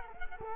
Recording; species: mosquito wingbeat signal from an infrared sensor; Culex quinquefasciatus